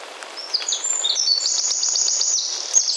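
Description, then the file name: Eurasian wren singing a loud, high, buzzy trill that starts with a few separate notes and then runs continuously, with faint background noise. "Troglodytes troglodytes"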